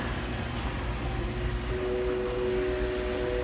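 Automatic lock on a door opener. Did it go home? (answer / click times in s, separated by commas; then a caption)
no / none. An automatic lock on a door opener is being handled as the opener runs, producing a steady low rumble and hum, with two faint tones rising out of the noise from about 1.7 s. The lock has not engaged and nothing has seated or clicked yet.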